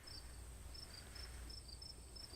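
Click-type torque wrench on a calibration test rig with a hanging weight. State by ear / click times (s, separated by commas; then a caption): not seated / none. A click-type torque wrench set to 47 lb-ft sits on a calibration test rig as a hanging weight representing about 46.7 lb-ft is slowly released onto it. Only faint background noise with steady cricket-like insect chirping is heard. The wrench has not clicked.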